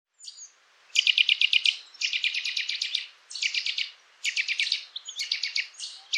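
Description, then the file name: Eurasian nuthatch giving rapid bursts of sharp, high chattering notes, each burst about a second or less, repeated several times with short pauses between. "Sitta europaea"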